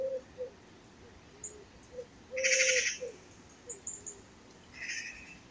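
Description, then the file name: Eurasian magpie giving two short, harsh rattling chatters, a loud one midway and a weaker one near the end, amid soft low whistled notes and faint high chirps. "Pica pica"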